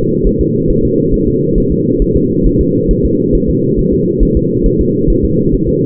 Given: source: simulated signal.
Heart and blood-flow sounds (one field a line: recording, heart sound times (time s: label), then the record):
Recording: fetal heart sounds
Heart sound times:
0.27 s: S1
0.41 s: S2
0.70 s: S1
0.85 s: S2
1.14 s: S1
1.28 s: S2
1.58 s: S1
1.72 s: S2
2.02 s: S1
2.16 s: S2
2.47 s: S1
2.61 s: S2
2.91 s: S1
3.06 s: S2
3.35 s: S1
3.50 s: S2
3.79 s: S1
3.94 s: S2
4.23 s: S1
4.37 s: S2
4.66 s: S1
4.81 s: S2
5.10 s: S1
5.25 s: S2
5.54 s: S1
5.69 s: S2
From the record:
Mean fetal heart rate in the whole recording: 135 bpm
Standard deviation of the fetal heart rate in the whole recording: 3 bpm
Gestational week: 36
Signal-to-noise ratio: -11.2 dB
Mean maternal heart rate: 72 bpm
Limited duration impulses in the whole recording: present